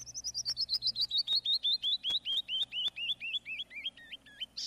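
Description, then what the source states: Canyon Wren song: a long cascade of many clear whistled notes falling steadily in pitch, the last notes lower and slurred. Native to the western and southwestern United States.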